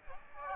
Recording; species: mosquito wingbeat signal from an infrared sensor; Aedes aegypti